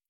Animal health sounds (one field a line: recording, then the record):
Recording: hydrophone in a shrimp aquaculture tank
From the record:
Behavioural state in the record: stressed